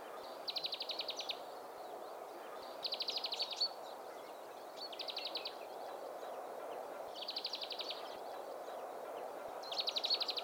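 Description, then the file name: European greenfinch calling repeatedly: five quick, rattling trills of evenly spaced notes, roughly every two seconds, over steady background noise. "Chloris chloris"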